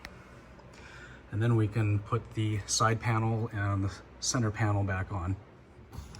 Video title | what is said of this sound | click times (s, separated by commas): 2017 Mazda CX5: Replacing the rear liftgate latch | just they just click in like that | 0.0 s